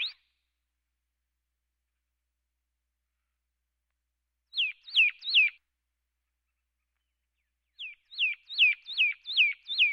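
Pyrrhuloxia whistling repeated down-slurred notes in quick bursts, a short phrase of four then a longer run of about seven, with quiet spells between.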